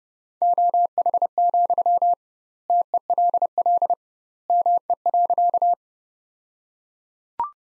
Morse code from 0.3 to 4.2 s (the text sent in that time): OH, TELL